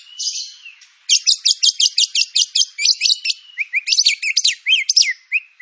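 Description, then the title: White-rumped shama song: a long series of evenly repeated sharp high notes followed by quick slurred chirps and rising whistles. Lure (pancingan) song of white-rumped shama with full filler (isian) material; training material. "PANCINGAN MURAI BATU. MURAI BATU FULL MATERI ISIAN"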